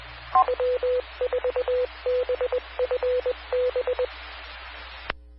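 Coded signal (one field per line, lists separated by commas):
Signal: Morse code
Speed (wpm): 20 wpm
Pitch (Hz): 500 Hz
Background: radio noise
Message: W4BFB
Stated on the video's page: Morse ident of a 145.230 MHz Skywarn repeater.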